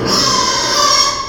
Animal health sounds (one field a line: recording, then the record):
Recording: squeal of a Yucatan mini pig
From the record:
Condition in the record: before surgery on the right vocal fold (resection and tissue-engineered implant)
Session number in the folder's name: 1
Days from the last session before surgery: -3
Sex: male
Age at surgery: 12 weeks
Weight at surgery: 13 kg